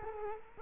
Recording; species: mosquito wingbeat signal from an infrared sensor; Culex quinquefasciatus